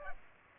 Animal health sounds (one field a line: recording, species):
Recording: mosquito wingbeat signal from an infrared sensor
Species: Culex pipiens